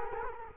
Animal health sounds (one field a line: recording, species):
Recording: mosquito wingbeat signal from an infrared sensor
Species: Culex quinquefasciatus